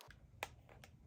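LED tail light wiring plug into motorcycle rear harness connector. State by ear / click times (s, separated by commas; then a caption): not seated / none. An LED tail light wiring plug is handled at its mating rear harness connector on a 2001 Harley-Davidson Fatboy FLSTF motorcycle, with a sharp tap at 0.4 s and a softer one at the very end over low background rumble. Nothing has seated or clicked yet; the plug is not yet home.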